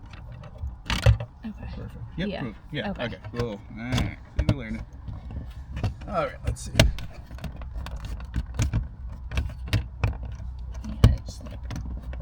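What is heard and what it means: During a FitcamX front and rear dash cam install on a 2026 Honda Passport SUV, a plastic interior trim piece is handled near the headliner or overhead console area after the wiring is routed. Someone talks while sharp taps and handling knocks are heard. Nothing has seated or clicked into place yet.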